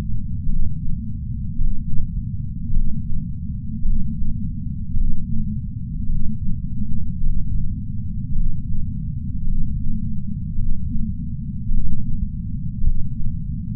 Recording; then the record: heart sounds by patch sensor on the chest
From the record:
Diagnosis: coronary artery disease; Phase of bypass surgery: intraoperative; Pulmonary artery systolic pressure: 24 mmHg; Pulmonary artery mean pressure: 20 mmHg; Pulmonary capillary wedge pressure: 12 mmHg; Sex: male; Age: 60 years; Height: 170 cm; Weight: 103 kg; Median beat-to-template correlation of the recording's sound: 0.88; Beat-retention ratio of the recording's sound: 0.98